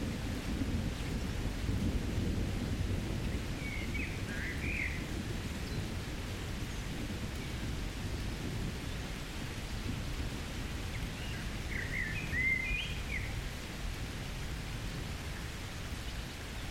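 Rain falls steadily on a tree canopy, a soft, dense hiss that stays even throughout. Beneath it, thunder rolls almost constantly as a low, distant grumble rather than sharp cracks. Faint bird chirps surface briefly around five and twelve seconds.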